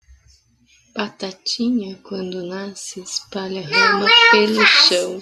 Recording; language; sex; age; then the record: short text; Brazilian Portuguese; female; 30 to 39 years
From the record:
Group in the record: control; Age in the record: 38 years